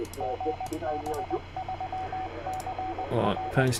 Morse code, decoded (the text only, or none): GB3CR